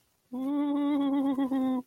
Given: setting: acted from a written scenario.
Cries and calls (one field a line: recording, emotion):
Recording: vocal sound without words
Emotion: fear